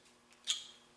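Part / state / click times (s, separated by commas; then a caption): plastic waist belt buckle on a rain gear carry bag / seated / 0.5 s. A plastic snap buckle on the waist belt of a packable rain suit carry bag is fastened. A faint tick at 0.3 s precedes a sharp, bright click at 0.5 s as the buckle snaps shut and seats in place.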